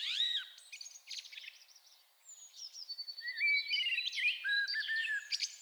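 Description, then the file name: Common blackbird song: busy, running phrases of fluty notes and thin high squeaks, with a brief lull before the song resumes. "Turdus merula"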